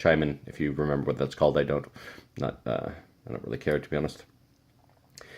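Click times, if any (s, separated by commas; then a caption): 5.2 s. A part of a milled steel watch clasp on a steel watch bracelet is pressed back into position and snaps back into place with a sharp click at 5.2 s. Someone talks through most of the clip before a quiet pause, and a fainter tick comes just before the click.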